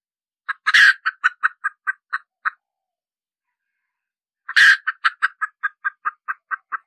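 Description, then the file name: Red junglefowl hen cackling: two bouts, each opening with a loud harsh squawk followed by a quick series of short clucks, separated by a silent pause. Hen cackling (cục tác) after laying an egg. "Tieng ga mai rung cuc tac de"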